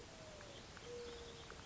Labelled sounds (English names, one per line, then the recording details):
Mourning Dove
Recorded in Sonoma County, California